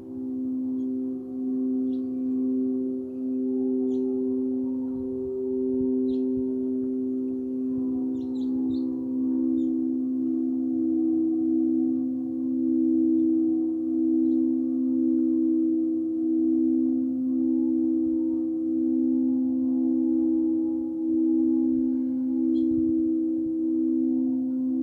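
Tibetan singing bowls ring in a steady, sustained hum, their low tones layered and gently pulsing as they swell and ease. A soft rumble sits underneath throughout, and faint bright ticks and tinkles appear now and then, mostly around the middle.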